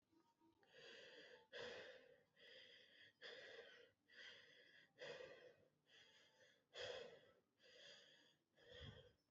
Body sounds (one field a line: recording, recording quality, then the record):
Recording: shallow breathing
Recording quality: excellent, no background noise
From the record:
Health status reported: COVID-19 positive, mild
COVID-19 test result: positive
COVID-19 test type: RT-PCR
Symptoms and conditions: cold, sore throat, fever, fatigue, muscle pain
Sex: male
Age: 26 years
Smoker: no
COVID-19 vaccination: both doses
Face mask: not worn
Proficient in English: yes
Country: India